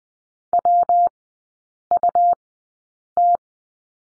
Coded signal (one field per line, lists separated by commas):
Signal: Morse code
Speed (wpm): 20 wpm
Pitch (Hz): 700 Hz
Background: none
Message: WUT